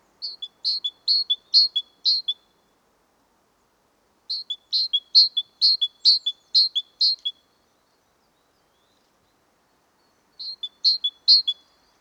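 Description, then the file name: Great tit repeating ringing high-low two-note phrases in three bursts separated by silent pauses. "Parus major"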